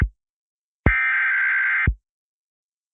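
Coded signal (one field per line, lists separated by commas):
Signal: Emergency Alert System (SAME) tones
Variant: header bursts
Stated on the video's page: Recreated EAS alert, a realistic remake.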